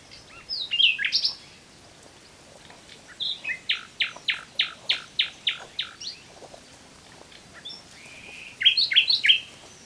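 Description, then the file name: Common nightingale singing: scratchy opening notes, then a rapid run of about nine loud repeated notes, and a further burst of bright notes near the end. "Luscinia megarhynchos"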